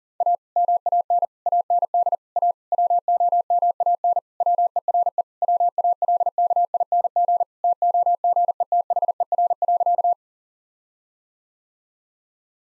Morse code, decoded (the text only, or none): A MAN AND A WOMAN WERE WALKING TOGETHER.